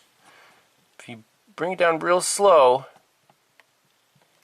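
Someone talks while the pull-down latch switch in a Cadillac Allante convertible top switch assembly is lowered very slowly. A few faint ticks follow, but the switch does not snap into place and nothing has clicked yet.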